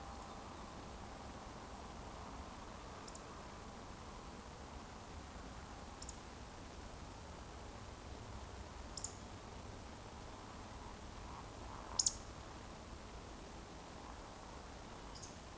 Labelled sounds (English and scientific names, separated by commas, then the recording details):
Eurasian Woodcock (Scolopax rusticola) whistle, Eurasian Woodcock (Scolopax rusticola) croak
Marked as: whistle, whistle, whistle, whistle, croak, whistle, croak, whistle
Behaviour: display flight
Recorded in Baden-Württemberg, Germany, on 24 June 2020 at 20:20 UTC
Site 14569, 102 m above sea level